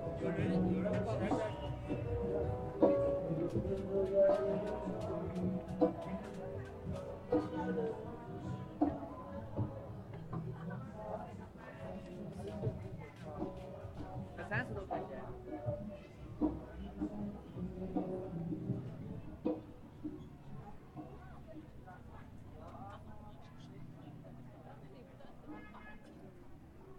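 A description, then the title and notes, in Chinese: A crowd at Hongya Cave in Chongqing keeps up a steady hum of overlapping voices, with talk and calls drifting through the whole stretch. Brief clicks and knocks pop up now and then, and a few short tones stand out near the start before the chatter gradually softens. 重庆洪崖洞。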